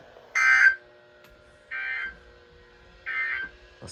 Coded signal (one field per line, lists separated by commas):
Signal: Emergency Alert System (SAME) tones